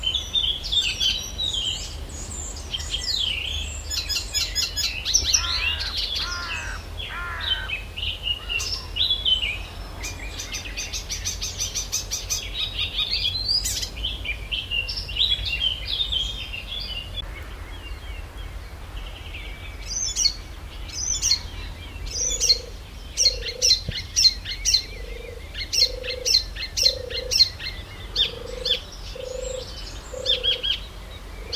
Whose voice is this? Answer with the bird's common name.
Icterine Warbler